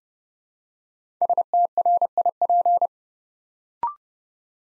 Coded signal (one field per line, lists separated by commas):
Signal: Morse code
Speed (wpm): 30 wpm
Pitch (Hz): 700 Hz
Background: none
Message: STRIP